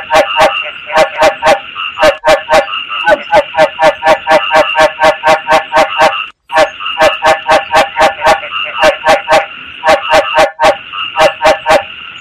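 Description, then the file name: Frog calling with rapid, repeated harsh pulses, roughly four each second, in long runs separated by a brief pause. Male frog calling to attract a mate. "tieng ech duc keu goi ban tinh"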